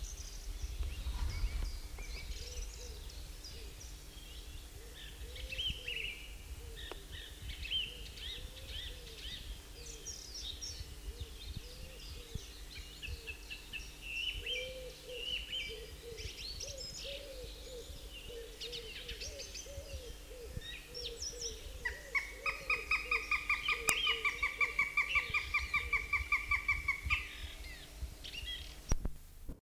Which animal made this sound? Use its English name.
Northern Goshawk